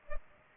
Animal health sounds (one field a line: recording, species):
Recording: mosquito wingbeat signal from an infrared sensor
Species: Culex pipiens